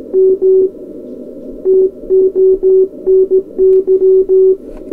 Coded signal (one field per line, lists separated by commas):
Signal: Morse code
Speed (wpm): 17 wpm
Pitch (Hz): 380 Hz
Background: none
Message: M TONY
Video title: EI2KC hacksaw blade key Mark II test